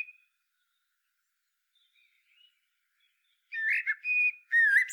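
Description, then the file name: Common blackbird song: a faint short whistle at the start, then after a long silence one mellow fluted phrase near the end that breaks into higher squeaky twittering. "Turdus merula"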